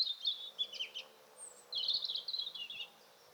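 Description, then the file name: European robin song: two brief, high, rattling warbled phrases with a thin whistle between them, over faint low background hum. "Erithacus rubecula"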